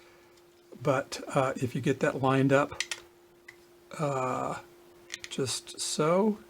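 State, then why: Not seated. A printed plastic fan shroud with long ears is being lined up with the groove on the cooling fins of the hot end heat sink of a CoLiDo 2.0 3D printer, while someone talks. A brief sharp tick sounds at about 3.5 seconds. Nothing has seated or clicked into place yet.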